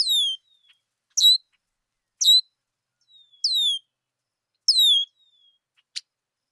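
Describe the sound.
Red-winged blackbird calls: a run of high, falling whistled notes, some slurred and some clipped, about one per second, ending with a brief click.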